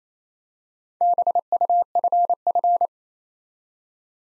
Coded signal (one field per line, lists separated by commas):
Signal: Morse code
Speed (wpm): 29 wpm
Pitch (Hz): 700 Hz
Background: none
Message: BUFF